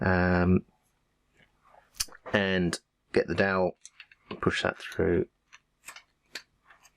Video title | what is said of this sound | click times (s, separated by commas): Microbit Eyes Assembly | there and that should lock into place okay | 6.4 s